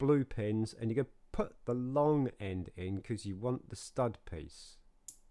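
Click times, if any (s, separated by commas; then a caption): 5.1 s. A quarter-length blue plastic pin is pushed long end first into one of the two holes of a plastic Technic brick, so the stud piece is left sticking out, while building a rabbit's head. Someone talks over most of the clip, then a sharp click at 5.1 s marks the pin seating in the brick.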